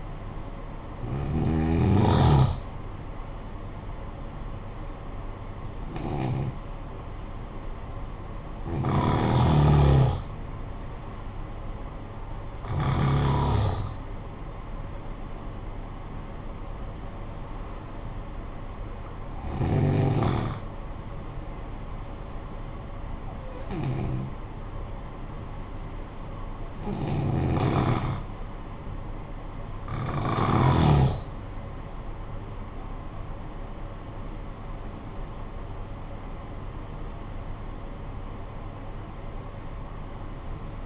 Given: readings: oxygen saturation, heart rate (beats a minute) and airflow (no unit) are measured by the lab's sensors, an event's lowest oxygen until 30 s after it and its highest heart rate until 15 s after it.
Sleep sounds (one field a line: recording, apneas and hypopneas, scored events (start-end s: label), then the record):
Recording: breathing in sleep by a smartphone at the bedside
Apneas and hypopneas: 1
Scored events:
14.00-32.60 s: hypopnea (N2, oxygen 97% highest, then 92% lowest, heart rate 56 at the start, 63 highest)
From the record:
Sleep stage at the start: N2 (light sleep)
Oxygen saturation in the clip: 89 to 97%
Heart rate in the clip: 50 to 63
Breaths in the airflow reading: 10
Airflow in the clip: -9.5 to 10.9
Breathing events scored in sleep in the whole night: 445 in 7.6 hours asleep